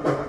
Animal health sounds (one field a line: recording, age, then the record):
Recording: pig call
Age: growing-finishing pig (85 days or more)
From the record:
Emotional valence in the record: positive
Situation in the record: run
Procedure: transit